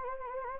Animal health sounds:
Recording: mosquito wingbeat signal from an infrared sensor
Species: Anopheles gambiae

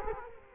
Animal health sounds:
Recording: mosquito wingbeat signal from an infrared sensor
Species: Culex quinquefasciatus

